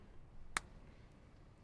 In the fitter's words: and that will snap into place